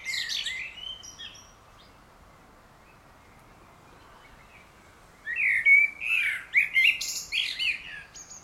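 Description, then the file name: Common blackbird song: a short opening phrase with high twitters, several seconds of quiet, then a loud warbled phrase ending in squeaky notes. "Turdus merula"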